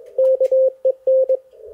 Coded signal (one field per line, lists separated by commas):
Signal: Morse code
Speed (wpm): 20 wpm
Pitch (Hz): 520 Hz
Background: none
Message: KEN